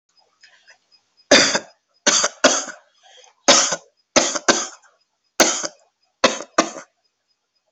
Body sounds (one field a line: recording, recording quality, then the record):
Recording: heavy voluntary cough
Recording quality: excellent, no background noise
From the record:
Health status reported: healthy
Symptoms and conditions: none ticked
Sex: male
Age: 27 years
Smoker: not ticked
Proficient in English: yes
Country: India